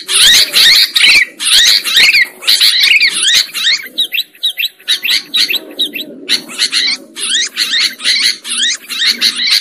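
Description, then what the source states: Sooty-headed bulbul chattering song, dense bursts of harsh, bubbling notes in fast runs of about one to two seconds, separated by short pauses, with a low rumble beneath. Used as a bird lure.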